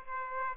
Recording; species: mosquito wingbeat signal from an infrared sensor; Aedes aegypti